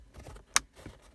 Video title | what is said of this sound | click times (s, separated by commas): Variable LED lights install on a 2019 Toyota Corolla Hatchback カローラスポーツ | it clicks. There you go. Click, click. | 0.6 s